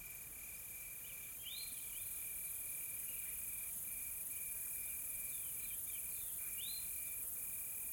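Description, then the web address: Insects keep up a steady whine and shimmering high hiss, broken by a few quick upward bird chirps. Calm, soft insects in a tropical forest ambience in South Africa. "Sonniss com - GDC 2020-Game Audio Bundle Smart Sound FX - Nature South Africa AMBIENCE Additional Tropical Forest Soft Insects Calm"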